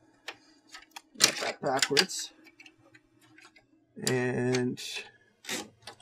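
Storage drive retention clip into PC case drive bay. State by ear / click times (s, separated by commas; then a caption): seated / 5.9 s. A storage drive is lined up in the tool-less drive bay of a Raidmax Seiran PC case, and its plastic retention clip is pushed in while someone talks. A short click at 5.9 s marks the drive mount locking into place.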